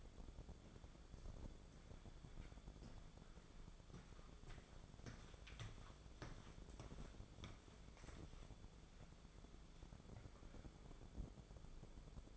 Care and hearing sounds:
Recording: daily activity, microphone in the room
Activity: walk to room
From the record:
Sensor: 5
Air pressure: 1010.5 hPa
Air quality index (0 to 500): 109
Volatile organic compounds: 2 ppm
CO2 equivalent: 1079 ppm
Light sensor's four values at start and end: 478/1243/511/592 and 561/1384/586/698

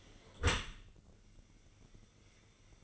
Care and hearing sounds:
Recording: daily activity, microphone in the room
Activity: close dishwasher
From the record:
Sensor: 4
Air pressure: 1013.2 hPa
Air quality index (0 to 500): 178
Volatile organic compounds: 2 ppm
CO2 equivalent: 1116 ppm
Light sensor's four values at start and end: 74/183/76/77 and 73/182/75/76

